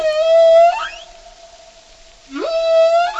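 Whale song: two long, loud, moaning tones rich in harmonics, linked by a quieter sustained hum, the second call opening with a rising swoop. No voices are heard.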